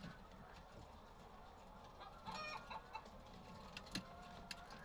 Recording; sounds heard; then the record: poultry house recording; healthy chickens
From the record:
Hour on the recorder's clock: 9